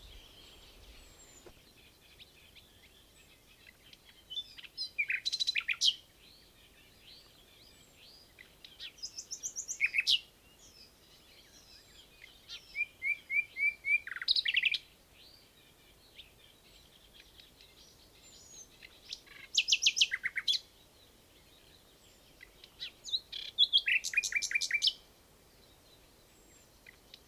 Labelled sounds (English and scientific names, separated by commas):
Common Nightingale (Luscinia megarhynchos) song